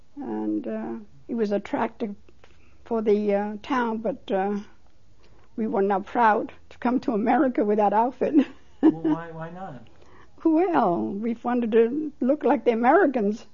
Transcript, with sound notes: And it was attractive for the town but we were not proud to come to America with that outfit. (She laughs.)
Well, why not?
Well, we wanted to look like the Americans.